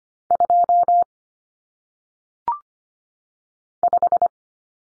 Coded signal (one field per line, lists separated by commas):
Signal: Morse code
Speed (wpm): 25 wpm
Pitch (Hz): 700 Hz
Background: none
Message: 2 5